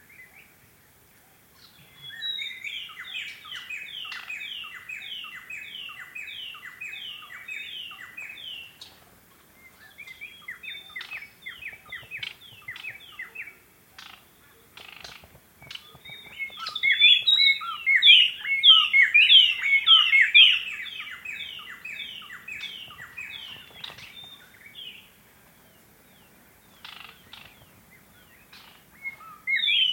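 A white-browed robin chat sings in rapid repeated phrases of bright whistled notes, in bursts, loudest near the middle, over quiet background.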